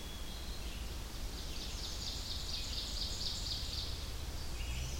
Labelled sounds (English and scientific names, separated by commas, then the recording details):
Ovenbird (Seiurus aurocapilla) song
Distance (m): 80 m
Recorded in boreal forest in Alberta, Canada, on 21 June 2016 at 06:16
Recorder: SongMeter 3, array SBT-6-81
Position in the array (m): 6 m, 86 m
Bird 24